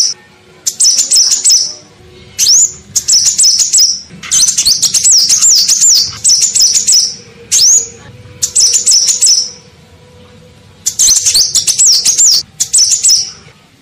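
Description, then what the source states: Crimson sunbird song: loud, very high, thin warbling bursts lasting one to two seconds, repeated with short gaps, along with rustling and fluttering sounds. Song-training recording (masteran) of the bird.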